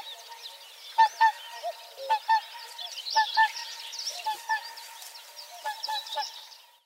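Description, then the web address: Whooper swan calls: bugling notes in quick pairs and runs over a steady, higher background noise. Recorded in Uzbekistan. "Uzbek hayvonlar. Cygnus cygnus"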